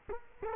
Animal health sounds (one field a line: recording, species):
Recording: mosquito wingbeat signal from an infrared sensor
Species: Culex quinquefasciatus